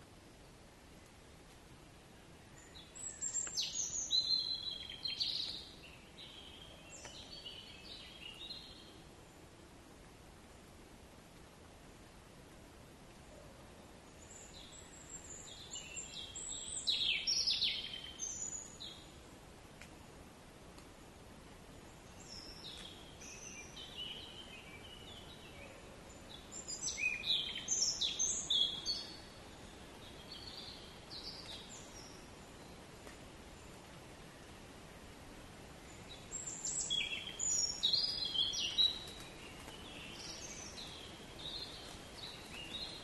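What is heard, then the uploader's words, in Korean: Birds chirp in a forest in high, quick bursts every ten seconds or so, over a faint, steady hush of outdoor background. 숲속 새 지저귀는 소리.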